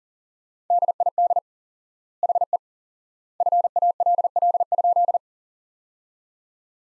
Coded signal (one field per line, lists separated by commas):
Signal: Morse code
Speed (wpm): 40 wpm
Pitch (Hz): 700 Hz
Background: none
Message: DID HE FALL?